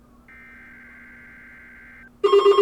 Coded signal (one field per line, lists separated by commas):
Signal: Emergency Alert System (SAME) tones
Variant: header bursts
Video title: SNOW AND TESTS. | EAS Alerts from February 2021 (EAS #806-815)